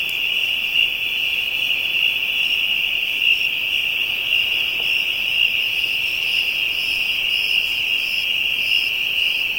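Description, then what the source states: Insects in a steady chorus: a continuous high shrill trill with faint pulsing higher buzzes layered above, no other clear sounds. Ambient insect chorus from Africa.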